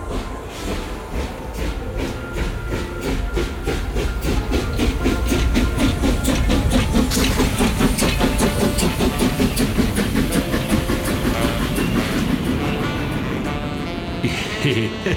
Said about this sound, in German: Wusstest du, dass die dampfende Doris eine Duplex-Lokomotive ist? Spannend. Sie war für hohe Geschwindigkeiten vorgesehen.